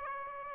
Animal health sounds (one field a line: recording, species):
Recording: mosquito wingbeat signal from an infrared sensor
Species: Aedes aegypti